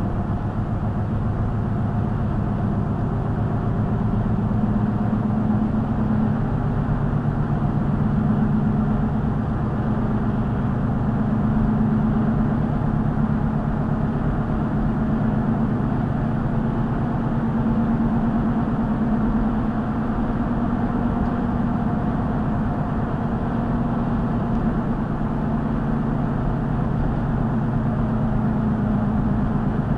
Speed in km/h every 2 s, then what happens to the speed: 63, 66, 71, 72, 72, 72, 74, 74, 76, 77, 81, 79, 77, 76, 74.
0-4 speeds up to 71. 4-15 steady at about 72. 15-20 speeds up to 81. 20-30 slows to 74.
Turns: none.